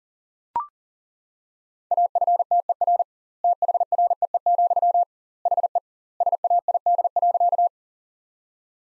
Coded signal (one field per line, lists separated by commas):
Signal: Morse code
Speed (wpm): 37 wpm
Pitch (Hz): 700 Hz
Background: none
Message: AFTER THREE, HE SAID.